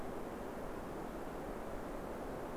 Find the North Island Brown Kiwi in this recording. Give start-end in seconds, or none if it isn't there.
none